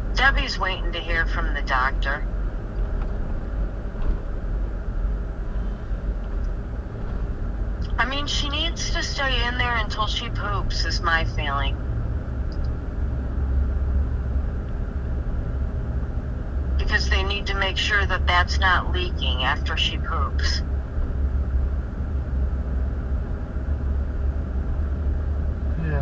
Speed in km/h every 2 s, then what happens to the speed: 15, 16, 16, 18, 18, 19, 21, 21, 23, 23, 23, 23, 24.
0-26 speeds up to 24.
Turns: none.